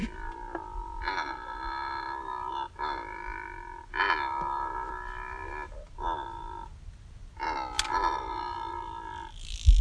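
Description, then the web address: Secretarybird giving harsh, rasping croaks in several drawn-out bursts separated by short pauses. "Secretarybird. صدای مرغ دبیر"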